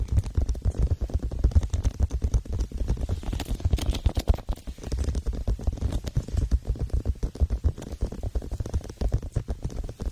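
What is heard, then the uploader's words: Feather plugs being pushed and worked in the ears make dense, muffled rubbing and scratching with a steady run of soft knocks and thumps. The low rumble dominates, and short bright crackles flicker through it, with no pause across the ten seconds. Goose feather plugs in the ears.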